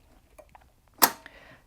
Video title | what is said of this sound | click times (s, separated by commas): Baby Lock Aspire Coverlock - Features and Benefits | you will see that those pipes have now clicked into place so that I can get the thread from the loopers | 1.0 s